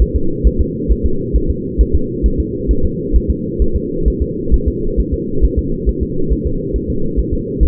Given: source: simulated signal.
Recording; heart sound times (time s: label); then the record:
fetal heart sounds
0.02 s: S1
0.16 s: S2
0.47 s: S1
0.61 s: S2
0.92 s: S1
1.06 s: S2
1.36 s: S1
1.50 s: S2
1.81 s: S1
1.95 s: S2
2.26 s: S1
2.40 s: S2
2.71 s: S1
2.85 s: S2
3.16 s: S1
3.30 s: S2
3.62 s: S1
3.76 s: S2
4.08 s: S1
4.22 s: S2
4.54 s: S1
4.68 s: S2
5.00 s: S1
5.14 s: S2
5.45 s: S1
5.59 s: S2
5.89 s: S1
6.03 s: S2
6.32 s: S1
6.47 s: S2
6.76 s: S1
6.90 s: S2
7.19 s: S1
7.33 s: S2
7.63 s: S1
From the record:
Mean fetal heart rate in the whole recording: 135 bpm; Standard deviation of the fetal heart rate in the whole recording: 3 bpm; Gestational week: 34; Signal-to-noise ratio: -8.1 dB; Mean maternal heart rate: 72 bpm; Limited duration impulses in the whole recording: absent